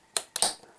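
The locking lever of a tile suction cup is released and the suction lets go of the tile. Sharp knocks at 0.2 s and 0.4 s, the second followed by a short ringing tail, mark the lever striking its soft plastic stop. Even with the soft stop, the impact is quite loud.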